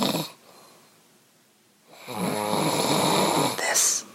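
A brief noisy breath, a quiet pause, then a long, loud, rattling inspiratory snore of nearly two seconds with a low fluttering buzz, ending in a short burst. Very loud snoring from a sleeping adult at 2:00 in the morning.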